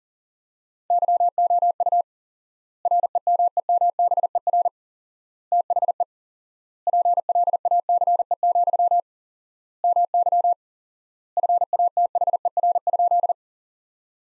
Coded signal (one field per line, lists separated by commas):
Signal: Morse code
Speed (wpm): 40 wpm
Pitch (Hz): 700 Hz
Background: none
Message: YOU REMEMBER THE PLACE, MY FATHER?